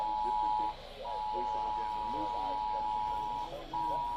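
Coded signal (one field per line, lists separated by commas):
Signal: Emergency Alert System (SAME) tones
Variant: 853 and 960 Hz attention tone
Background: speech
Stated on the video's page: Required monthly test on AM, FM and TV stations.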